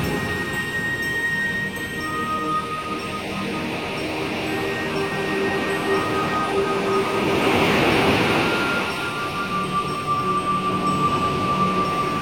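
Sea sounds wash steadily underneath soft, sustained music with long held tones and faint chime-like notes up high. The surf noise is dense and even, swelling gently to a fuller wash around eight seconds before easing back.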